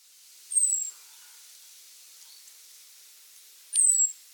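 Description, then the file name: Common blackbird calls: two high, thin, slightly falling whistles about three seconds apart over quiet background hiss. "Turdus merula"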